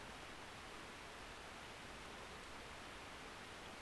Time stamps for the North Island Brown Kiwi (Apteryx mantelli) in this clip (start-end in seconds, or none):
none